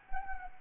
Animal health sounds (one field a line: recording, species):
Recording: mosquito wingbeat signal from an infrared sensor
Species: Anopheles gambiae